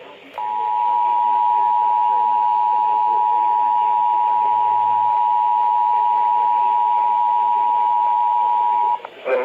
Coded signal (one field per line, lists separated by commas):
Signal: Emergency Alert System (SAME) tones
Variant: 853 and 960 Hz attention tone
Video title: FRIDAY THE 13TH SHITE... EAS Alerts from 9/13/19 (EAS #3,330 - 3,350)